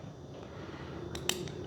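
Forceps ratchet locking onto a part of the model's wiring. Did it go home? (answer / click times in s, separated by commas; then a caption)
yes / 1.1 s, 1.3 s. Metal forceps (hemostats) clamped on part of the LED wiring of an OMP Hobby Bushmaster 65" RC model have their ratchet squeezed shut, giving two sharp metallic lock clicks at 1.1 s and 1.3 s over a low background hum. A fainter third tick follows at about 1.5 s, and the ratchet ends locked onto the wiring.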